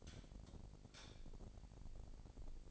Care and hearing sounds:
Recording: daily activity, microphone in the room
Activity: light off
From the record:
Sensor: 5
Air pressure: 1012.0 hPa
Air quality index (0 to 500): 247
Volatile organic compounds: 4 ppm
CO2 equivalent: 1702 ppm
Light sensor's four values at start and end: 42/100/42/44 and 41/95/40/42

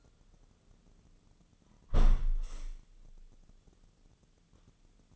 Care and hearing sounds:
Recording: daily activity, microphone in the room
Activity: close window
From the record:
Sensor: 4

